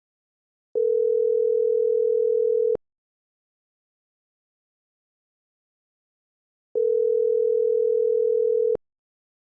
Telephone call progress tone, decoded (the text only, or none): ringback tone